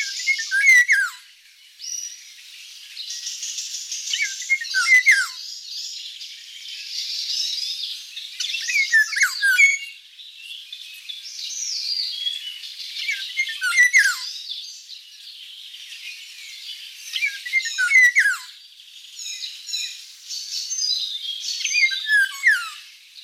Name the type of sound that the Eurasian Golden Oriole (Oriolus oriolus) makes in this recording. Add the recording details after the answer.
song. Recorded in the wild. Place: Waltershofen / Freiburg im Breisgau, Baden-Württemberg, DE. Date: 1989-05-30. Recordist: Schwarz, Dieter